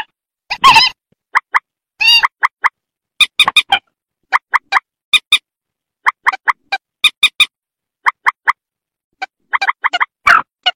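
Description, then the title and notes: Rail calls: loud, short harmonic notes near the middle of the range, given in quick pairs and triplets, with a few harsher broad bursts between them. "Kicau Burung Mandar"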